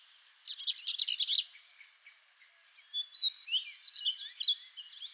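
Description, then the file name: Orchard oriole song: a short dense chattery burst followed by a run of clear slurred whistles. "Orchard Oriole - Icterus spurius"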